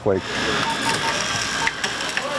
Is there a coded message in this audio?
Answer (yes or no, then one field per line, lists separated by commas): no